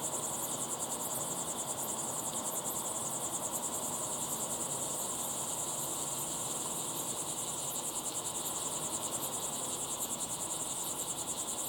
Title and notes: listen to the crickets at sunset in the incredible Timanfaya pyroclastic desert on the island of Lanzarote